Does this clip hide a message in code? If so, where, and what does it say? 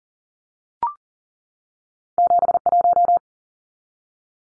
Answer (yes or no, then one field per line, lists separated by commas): yes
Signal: Morse code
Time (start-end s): 2.2-3.2 s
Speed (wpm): 40 wpm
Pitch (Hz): 700 Hz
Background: none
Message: 71